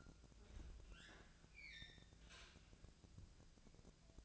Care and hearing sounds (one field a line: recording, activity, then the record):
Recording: daily activity, microphone in the room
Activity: open fridge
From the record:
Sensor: 2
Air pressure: 999.9 hPa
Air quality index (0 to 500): 122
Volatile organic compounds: 2 ppm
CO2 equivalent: 1048 ppm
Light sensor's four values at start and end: 32/79/34/37 and 32/79/34/37